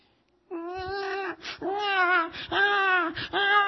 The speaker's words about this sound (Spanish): Ay, qué lindo el bebito, cómo llora. Mira qué lindo tiene tu cara.